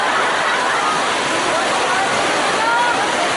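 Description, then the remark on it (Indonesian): Rain falling in a steady, dense hiss of droplets, loud and unbroken for the whole few seconds, with no voices over it. “Oh, hujan, hujan.”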